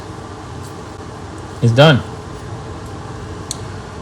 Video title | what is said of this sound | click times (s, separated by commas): Tamiya DUCATI SUPERLEGGERA V4 Build. Steps 35, 36 & 37 | so when you put that all on the bike snaps kind of right into place | 3.5 s